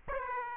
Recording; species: mosquito wingbeat signal from an infrared sensor; Aedes aegypti